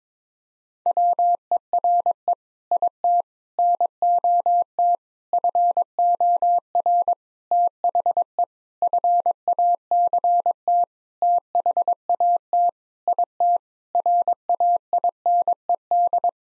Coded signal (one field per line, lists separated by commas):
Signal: Morse code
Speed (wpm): 22 wpm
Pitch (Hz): 700 Hz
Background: none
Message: WERE IT NOT FOR THE FACT THAT IT RAINED